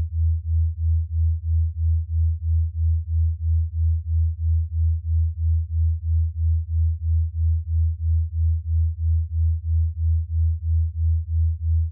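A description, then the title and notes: A delta wave binaural beat: one pure, low tone, around 80 to 100 hertz, holds steady for the whole span. Its loudness swells and dips in a smooth, regular pulse a little under three times per second. Nothing else is heard. Drift off to deep, restful sleep with our Delta wave binaural beats.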